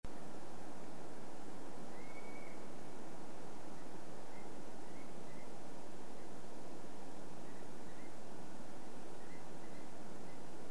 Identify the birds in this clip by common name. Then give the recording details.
Eurasian Stone-curlew. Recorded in France